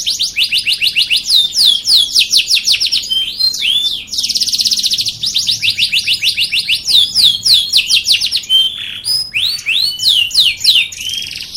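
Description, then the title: Domestic canary singing continuously with rapid rolling trills, a steady buzzy stretch in the middle, and sharp falling whistled sweeps. "Kicauan Kenari BULLDOZER"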